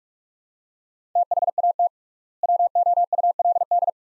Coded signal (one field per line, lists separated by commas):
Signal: Morse code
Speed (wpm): 46 wpm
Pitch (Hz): 700 Hz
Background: none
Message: THAT WOULD